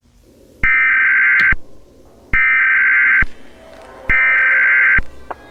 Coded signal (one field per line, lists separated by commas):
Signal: Emergency Alert System (SAME) tones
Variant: header bursts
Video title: Society Collapses | EAS Scenario